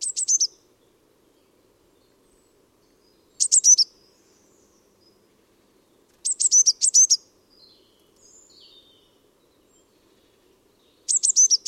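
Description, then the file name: Eurasian blue tit repeating short bursts of three to six high, thin, hooked notes every few seconds, with a faint low hum beneath. "Cyanistes caeruleus"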